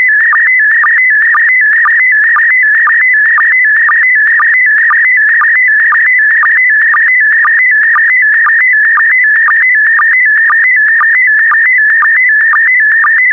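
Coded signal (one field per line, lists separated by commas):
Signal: SSTV (slow-scan television)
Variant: PD120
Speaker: Five, four, three, two, one. Transmission complete. You can now check your decoded image against the picture that is shown on the video.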